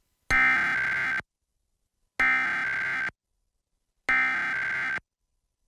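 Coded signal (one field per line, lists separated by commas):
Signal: Emergency Alert System (SAME) tones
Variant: header bursts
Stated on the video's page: EAS tests, mostly monthly tests or required weekly tests, relayed by various TV stations using DASDEC-II encoders unless noted otherwise.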